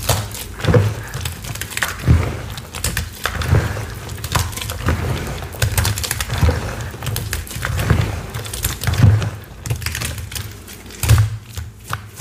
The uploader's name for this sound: Watermelon ASMR